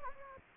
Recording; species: mosquito wingbeat signal from an infrared sensor; Anopheles gambiae